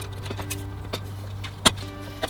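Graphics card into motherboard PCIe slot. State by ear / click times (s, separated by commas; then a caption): not seated / none. A large graphics card is handled over a motherboard's PCI Express slot, with a steady low hum underneath a few faint taps and two sharper knocks near 1.7 s and 2.2 s. Nothing has seated or clicked into the slot yet.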